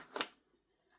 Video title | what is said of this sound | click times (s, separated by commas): Its Finally Here! Wolverine MTW AK105 | it goes in and I just push it that extra bit and it gives a nice click and that is in there. | 0.2 s